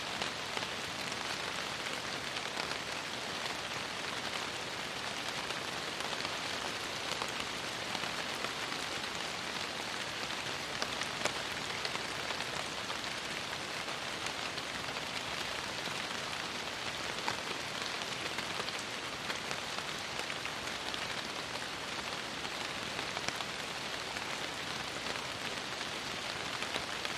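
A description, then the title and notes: Heavy rain falls steadily on broad leaves, a dense, even patter of small drops with bright crackle and no pauses throughout. Constant heavy rain with small drops on broadleaf vegetation, mostly Maple. Rain, Heavy, Small Drops on Broadleaf.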